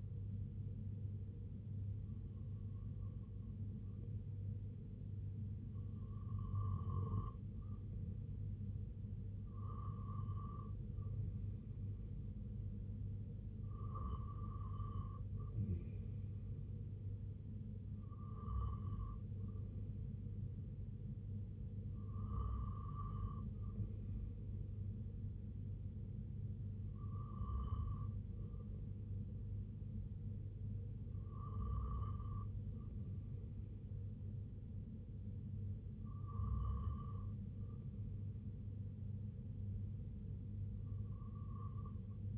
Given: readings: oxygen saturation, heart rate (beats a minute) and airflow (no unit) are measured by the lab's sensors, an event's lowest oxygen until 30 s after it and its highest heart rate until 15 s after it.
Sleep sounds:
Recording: breathing in sleep by a smartphone at the bedside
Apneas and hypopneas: none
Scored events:
none scored
From the record:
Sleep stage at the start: N1 (lightest sleep)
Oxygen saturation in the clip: 93 to 95%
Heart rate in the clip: 69 to 77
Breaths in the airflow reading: 9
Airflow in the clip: -5.8 to 2.8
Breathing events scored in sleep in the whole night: 258 in 7.4 hours asleep

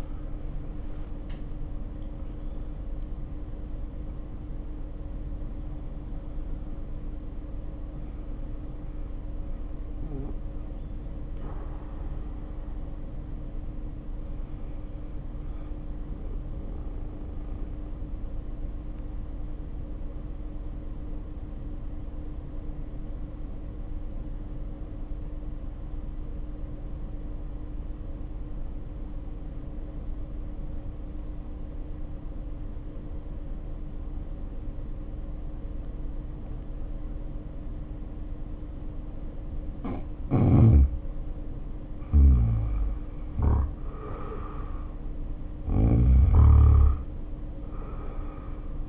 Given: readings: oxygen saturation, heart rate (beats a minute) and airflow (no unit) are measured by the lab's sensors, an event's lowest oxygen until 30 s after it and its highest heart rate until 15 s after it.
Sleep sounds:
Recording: breathing in sleep by a smartphone at the bedside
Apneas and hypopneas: 1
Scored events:
15.00-40.60 s: hypopnea (N1, oxygen 95% highest, then 79% lowest, heart rate 50 at the start, 66 highest)
From the record:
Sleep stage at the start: N1 (lightest sleep)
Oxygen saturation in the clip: 73 to 95%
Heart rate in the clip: 50 to 78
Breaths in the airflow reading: 12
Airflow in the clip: -3.5 to 3.4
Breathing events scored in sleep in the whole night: 520 in 7.2 hours asleep

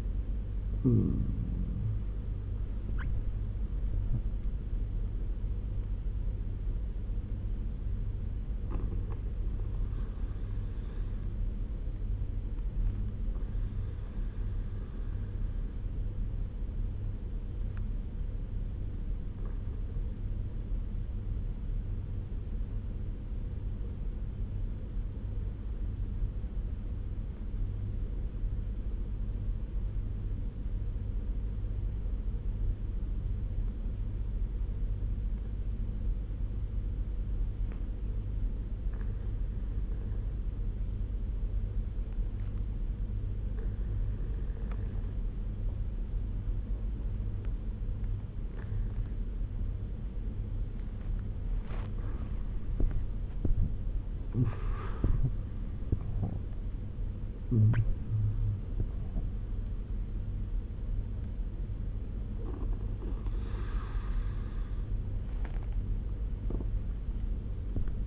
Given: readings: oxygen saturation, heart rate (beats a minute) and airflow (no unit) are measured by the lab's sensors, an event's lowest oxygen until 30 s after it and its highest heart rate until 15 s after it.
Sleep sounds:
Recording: breathing in sleep by a smartphone at the bedside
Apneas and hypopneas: 1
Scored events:
14.00-52.50 s: obstructive apnea (N1, oxygen 98% highest, then 89% lowest)
From the record:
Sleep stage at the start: N1 (lightest sleep)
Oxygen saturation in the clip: 89 to 98%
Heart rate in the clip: 65 to 86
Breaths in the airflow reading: 5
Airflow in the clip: -11.8 to 13.8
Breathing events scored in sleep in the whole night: 201 in 6.5 hours asleep

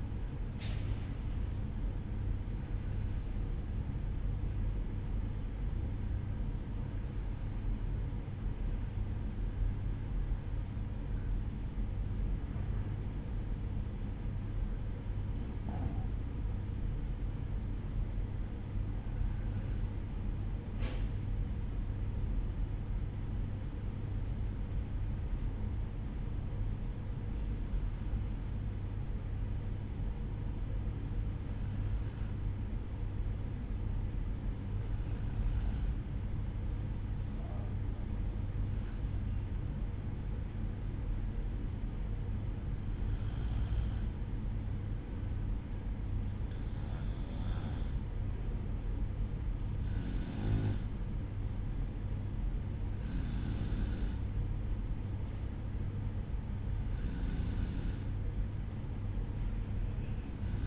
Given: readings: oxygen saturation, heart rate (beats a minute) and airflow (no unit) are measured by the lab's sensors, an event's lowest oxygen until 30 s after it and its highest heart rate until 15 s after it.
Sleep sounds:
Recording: breathing in sleep by a smartphone at the bedside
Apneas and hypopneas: 1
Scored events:
7.00-38.20 s: hypopnea (N1, oxygen 95% highest, then 93% lowest, heart rate 58 at the start, 60 highest)
15.00-60.67 s: new sleep stage, N2 (light sleep)
From the record:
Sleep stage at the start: N1 (lightest sleep)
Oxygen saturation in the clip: 92 to 95%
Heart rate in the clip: 55 to 60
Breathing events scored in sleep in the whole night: 305 in 9.6 hours asleep

